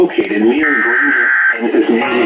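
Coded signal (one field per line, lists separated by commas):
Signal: Emergency Alert System (SAME) tones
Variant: header bursts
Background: speech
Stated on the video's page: Severe thunderstorm warning received via weather radio WXK27 and broadcast stations KFMK, KVLR, KTXX and KOKE.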